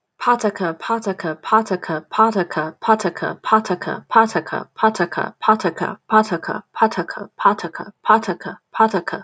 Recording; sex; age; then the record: repeated syllables /pa ta ka/; female; 20 to 29 years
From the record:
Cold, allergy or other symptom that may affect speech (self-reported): no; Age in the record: 24 years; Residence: Texas, United States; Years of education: 16